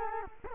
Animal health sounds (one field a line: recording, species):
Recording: mosquito wingbeat signal from an infrared sensor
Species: Culex quinquefasciatus